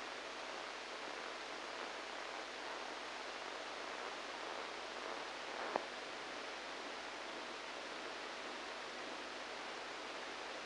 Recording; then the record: brain microelectrode recording played as sound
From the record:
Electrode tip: inside the subthalamic nucleus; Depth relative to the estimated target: 1 mm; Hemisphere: right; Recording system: NeuroSet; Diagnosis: Parkinson's disease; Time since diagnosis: 10 years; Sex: male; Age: 63 years